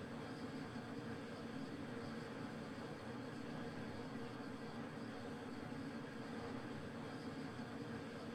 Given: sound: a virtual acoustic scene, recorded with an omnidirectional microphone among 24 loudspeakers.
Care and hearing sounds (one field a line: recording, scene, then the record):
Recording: noise of the scene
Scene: olnoise from 0 degrees (S0N0)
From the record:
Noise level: 65 dB SPL